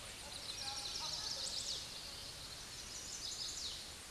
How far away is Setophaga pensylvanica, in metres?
about 35 m